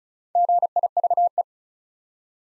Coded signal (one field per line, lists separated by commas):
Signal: Morse code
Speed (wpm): 36 wpm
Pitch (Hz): 700 Hz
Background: none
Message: GIVE